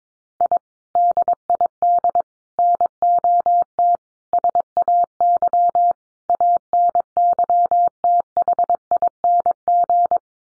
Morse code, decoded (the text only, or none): I DID NOT SAY ANYTHING